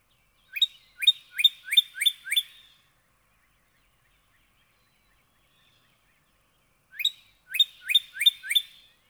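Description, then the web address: Northern cardinal song of two matching phrases, each five or six bright upslurred whistles, separated by about four seconds of silence. "birdsongforthecurious Northern Cardinal"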